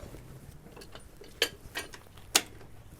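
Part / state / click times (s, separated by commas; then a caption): caravan corner stabiliser leg into its stowed lock / seated / 2.4 s. The handle of a corner stabiliser leg on a Titanium Southern Star caravan is pulled out, and the metal leg is lifted into its stowed, raised position. Loud, sharp ratchet-like metallic clicks ring out, with a strong one near 1.4 s and softer ticks around it. The leg locks in place with the loudest click at 2.4 s.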